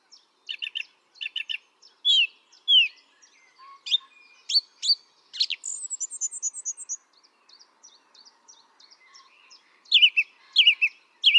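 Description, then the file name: Song thrush song: loud varied phrases, several notes repeated two or three times, whistled and chirpy, with brief pauses between phrases. "Turdus philomelos"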